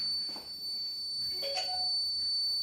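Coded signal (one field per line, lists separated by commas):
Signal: beep code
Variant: Kent RO water purifier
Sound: unbroken high-pitched electronic whine with two short clunks partway through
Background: small room, handling noise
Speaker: तो हम ऑन करके दिखाते हैं जो कंटिन्यू सबूत साउंड यह जो आप सुन रहे हैं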